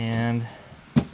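A plastic tailgate handle for a 2001 Toyota Tundra is fed into the tailgate opening from the bottom while someone talks briefly. The talk fades into quiet handling noise, followed by a short, sharp knock of contact near 1.0 s. Nothing has seated or clicked yet; the lower tab has not snapped into place.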